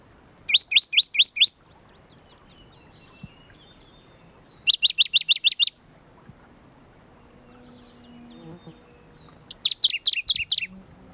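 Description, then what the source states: Shrub frog producing three rapid trains of high-pitched clicks, each about a second long, spaced roughly four to five seconds apart, with soft whistles between. Recorded at Kuda on 28 June 2012.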